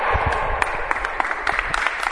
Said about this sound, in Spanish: Ese es el sonido del grito de guerra de celebración del Ubrique Fútbol Sala femenino. Sus jugadoras haciendo piña, abrazadas y gritando Ubrique, que es el sonido de la victoria, o fue el sonido de la victoria el pasado sábado.